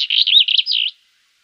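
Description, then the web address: Black-eared wheatear song, one continuous rapid scratchy warble of high, twisting notes lasting under a second, then silence. "Schulze Peter Black-eared Wheatear song"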